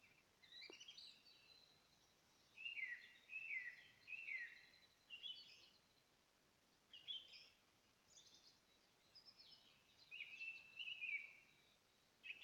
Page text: Птицы - Белолобый гусь